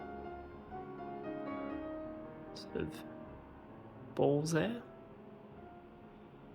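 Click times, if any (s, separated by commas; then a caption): none. A stainless steel Tudor Black Bay watch bracelet clasp, held by a friction or ball detent, is handled as it closes toward its keeper while someone talks over steady background music. Nothing has seated or clicked yet.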